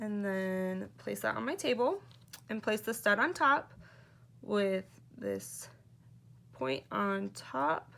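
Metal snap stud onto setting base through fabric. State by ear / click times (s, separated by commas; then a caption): not seated / none. A Dritz metal snap stud is laid point-up on the fabric over the setting base on a table while someone talks. Only speech and faint handling are heard. Nothing has seated or clicked yet.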